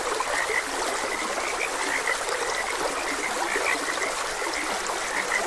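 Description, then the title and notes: Many frogs croak together in quick repeated notes over continuous running water, the chorus staying even for the whole stretch. Frogs croaking beside a gentle stream. "Gentle Stream and Frogs Croaking - Calming Sounds of Nature. Sleep and Relaxation Podcast"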